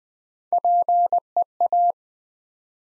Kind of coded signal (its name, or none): Morse code